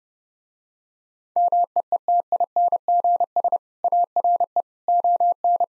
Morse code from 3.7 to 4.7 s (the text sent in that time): ARE